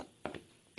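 The plastic front cover of a Bissell Powerforce vacuum, being rebuilt, is handled and fitted back on over the bag compartment with a new bag in place. Short plastic knocks and rattles are heard at about 0.3 s, 0.4 s and 0.8 s. Nothing has seated or clicked yet.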